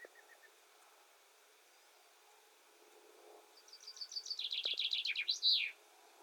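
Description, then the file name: Common chaffinch song: after a quiet start, a descending run of rapid notes ends in a sharp flourish; faint chirps earlier. "Fringilla coelebs"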